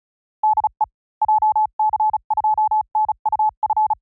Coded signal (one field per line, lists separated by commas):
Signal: Morse code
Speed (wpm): 34 wpm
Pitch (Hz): 860 Hz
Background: none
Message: DE JC2NUF